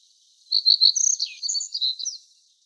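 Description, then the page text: Pine bunting song, a brisk phrase of high sweet notes and quick trills, with one lower slurred note in the middle. Sings trills. "Звук Белошапочная овсянка поет трели"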